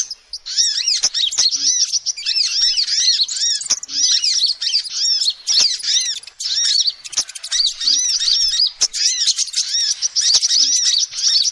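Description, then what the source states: Lovebird calls, a busy, shrill chatter of fast squeaky chirps in bursts, a short lull near the start and again mid-way, with faint ticking sounds. Lovebird calls used as a lure to attract and trap birds.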